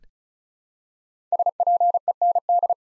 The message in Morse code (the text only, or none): SPEND